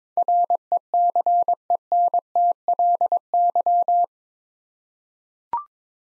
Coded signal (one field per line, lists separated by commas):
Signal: Morse code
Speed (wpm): 22 wpm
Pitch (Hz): 700 Hz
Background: none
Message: RECENTLY